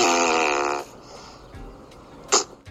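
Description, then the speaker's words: Great Bustard call: a low, buzzy, rasping note held for under a second, then quiet, with one brief sharp noise later. An unusual non-song sound, described as a little gassy. "First up, the great bustard, which sounds a little gassy."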